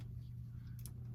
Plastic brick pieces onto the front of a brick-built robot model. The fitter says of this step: these things just lock into place here wasn't needed um